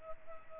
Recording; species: mosquito wingbeat signal from an infrared sensor; Culex pipiens